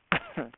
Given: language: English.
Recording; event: throat vibration sensor signal played as sound; cough